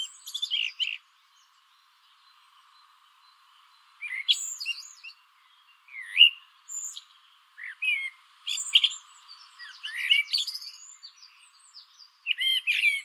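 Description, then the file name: Common blackbird giving brief squeaky, high twittering bursts, coming irregularly after a short silence and growing busier toward the end. "Turdus merula"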